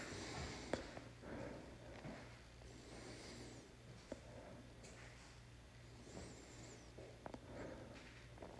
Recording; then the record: deep breathing after running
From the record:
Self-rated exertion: moderate exertion (3 of 6); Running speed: 8 miles an hour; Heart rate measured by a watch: 88 beats a minute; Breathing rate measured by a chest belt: 18 breaths a minute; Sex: male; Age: 27 years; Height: 185 cm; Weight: 76 kg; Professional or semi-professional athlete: no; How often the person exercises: over 5 times a week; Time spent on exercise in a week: over 5 hours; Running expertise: no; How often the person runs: over 5 times a week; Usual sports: running, weight training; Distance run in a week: 65 km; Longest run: 42 km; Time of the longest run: 214 minutes